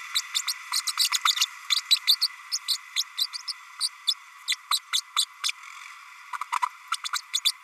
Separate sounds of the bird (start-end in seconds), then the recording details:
0.14-0.21, 0.34-0.42, 0.46-0.53, 0.71-0.81, 0.87-0.92, 0.97-1.08, 1.11-1.18, 1.25-1.32, 1.75-1.81, 1.90-1.96, 2.07-2.16, 2.20-2.27, 2.51-2.58, 2.68-2.77, 2.96-3.03, 3.17-3.27, 3.47-3.53, 3.80-3.88, 4.07-4.14, 4.48-4.55, 4.71-4.79, 4.92-5.01, 5.16-5.25, 5.43-5.51, 6.33-6.37, 6.41-6.44, 6.52-6.55, 6.62-6.66, 6.91-6.96, 7.04-7.08, 7.13-7.18, 7.33-7.40, 7.45-7.51. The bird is a female. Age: 32 days. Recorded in a nest box in Venezuela. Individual 17B32A7